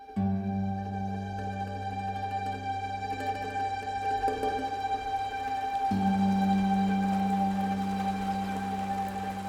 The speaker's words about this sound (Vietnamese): Mấy ngày hôm nay, người dân làng Lân chẳng ai muốn đi đâu bởi cái cơn mưa giữa tháng 7. Cũng chả hiểu sao mưa lâu tới mức thối đất thối cát. Mưa từ lúc mặt trời lên đến khi xế chiều, về tối cũng chẳng thèm tạnh.